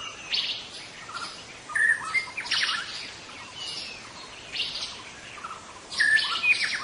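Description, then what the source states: White-rumped shama song of rich phrases with pure whistled notes and buzzy flourishes, grouped into bursts with short pauses. White-rumped shama, called murai batu hutan, singing in forest.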